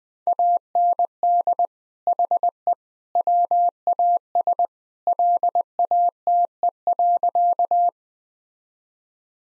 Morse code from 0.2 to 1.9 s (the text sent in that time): AND